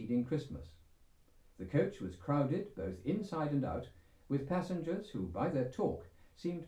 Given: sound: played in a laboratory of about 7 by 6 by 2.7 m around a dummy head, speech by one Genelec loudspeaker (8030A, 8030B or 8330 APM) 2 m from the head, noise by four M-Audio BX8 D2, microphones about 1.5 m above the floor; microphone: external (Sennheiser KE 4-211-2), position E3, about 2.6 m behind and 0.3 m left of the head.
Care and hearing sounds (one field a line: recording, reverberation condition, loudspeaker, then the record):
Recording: male speech in English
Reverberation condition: low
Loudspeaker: 150 degrees to the right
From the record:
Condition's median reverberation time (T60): about 310 ms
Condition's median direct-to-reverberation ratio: about 3.5 dB